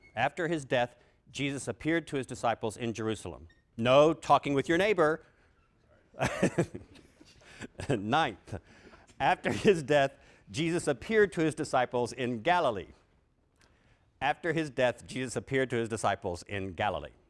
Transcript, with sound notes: After his death Jesus appeared to his disciples in Jerusalem. No talking with your neighbor. [Laughs] After his death, Jesus appeared to his disciples in Galilee. After his death, Jesus appeared to his disciples in Galilee.